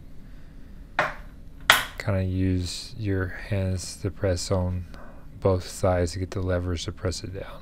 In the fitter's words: and then press down and it will clip into place just make sure everything is aligned